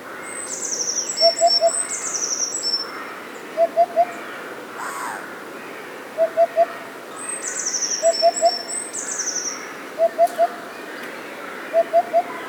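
Eurasian hoopoe song: soft, low hollow triple hoots, oop-oop-oop, repeated about every two seconds, with high thin calls from other birds at times.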